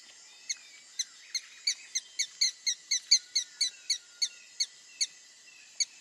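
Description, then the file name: Red-stained woodpecker uttering a run of many sharp, high notes, speeding up then spacing out. "Canto do pica pau avermelhado"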